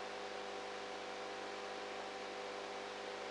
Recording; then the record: brain microelectrode recording played as sound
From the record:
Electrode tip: outside the subthalamic nucleus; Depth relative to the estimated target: 1 mm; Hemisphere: right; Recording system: NeuroSet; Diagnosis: Parkinson's disease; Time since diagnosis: 19 years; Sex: female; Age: 58 years